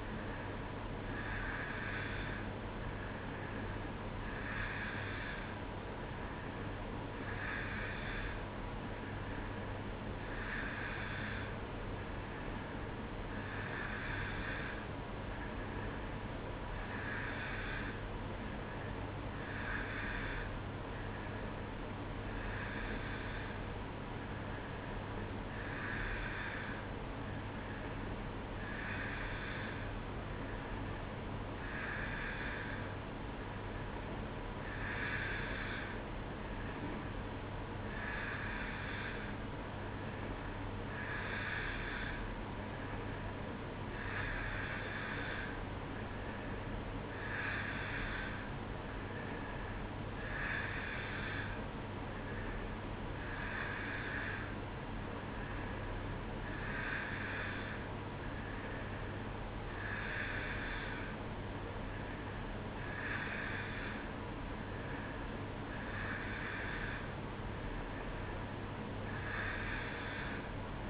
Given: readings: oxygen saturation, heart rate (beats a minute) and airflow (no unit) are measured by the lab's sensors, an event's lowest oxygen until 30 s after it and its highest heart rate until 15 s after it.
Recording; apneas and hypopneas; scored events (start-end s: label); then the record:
breathing in sleep by a voice recorder at the bedside; none
12.00-70.90 s: new sleep stage, N2 (light sleep)
From the record:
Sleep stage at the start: N3 (deep sleep); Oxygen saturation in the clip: 89 to 90%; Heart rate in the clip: 62 to 66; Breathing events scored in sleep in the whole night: 305 in 9.6 hours asleep